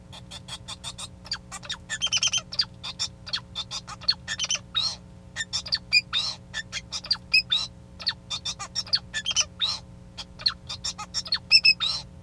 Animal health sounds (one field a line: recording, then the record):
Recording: song of a male Bengalese finch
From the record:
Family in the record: son of father 2